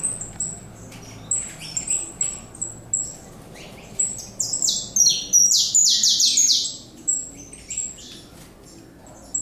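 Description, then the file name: Saffron finch song of scattered thin high notes building into one fast burst of sharp, descending chips midway. Recorded in the Pantanal. "Canario da terra"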